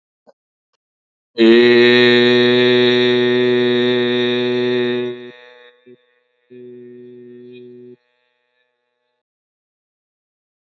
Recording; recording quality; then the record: sustained vowel as in made; excellent, no background noise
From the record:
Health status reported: healthy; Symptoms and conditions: none ticked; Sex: male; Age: 31 years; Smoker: not ticked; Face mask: not worn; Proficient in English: yes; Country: India